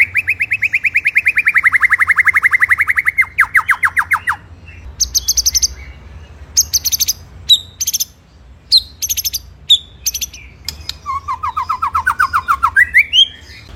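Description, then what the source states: White-rumped shama song: a long, even, pulsed trill at mid pitch, then sharp, high clicks and chips, and a short rising trill at the end. Full rolling song with high 'shooting' notes, used as a training song (masteran) for songbirds.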